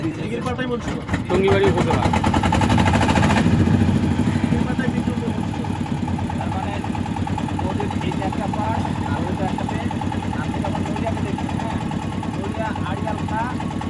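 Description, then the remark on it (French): A boat engine is started with a removable hand crank and fires up with a loud, rough burst, then settles into a steady, low, throbbing idle that runs to the end, with voices now and then. “Alors, il y a une manivelle pour faire démarrer le moteur, là.”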